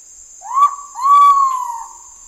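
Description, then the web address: Ivory-breasted pitta whistling once: a brief upslurred note, then a drawn-out, gently falling hooting whistle, with a constant shrill insect hum behind. Part of an Indonesian bird sound collection. "ULM-DS-Lab indonesian-bird-sounds. Pitta maxima"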